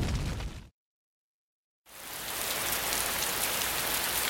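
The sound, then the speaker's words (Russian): Rain falling outdoors in piercing wind: steady, dense rain hisses across a broad band, briefly cutting to total silence for about a second before resuming at an even, continuous level with no voices. “На улице шел дождь, и ветер пронизывал до костей.”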